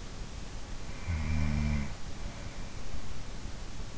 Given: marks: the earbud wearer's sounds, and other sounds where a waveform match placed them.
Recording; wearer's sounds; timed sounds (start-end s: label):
sounds in sleep by an in-ear microphone; snoring breath
0.69-3.11 s: snoring breath